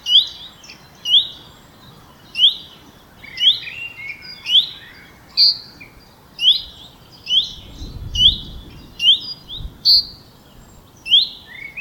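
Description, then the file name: Common chaffinch calling: short, sharp upslurred notes repeated roughly once a second, with a few lower slurred notes between them and faint low background rumble. "Fringilla coelebs"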